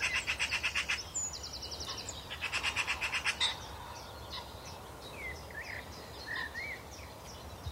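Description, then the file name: Eurasian magpie chattering in three rapid, harsh rattling bursts during the first few seconds, followed by softer, scattered calls from other small birds over a steady background hiss. "Pica pica"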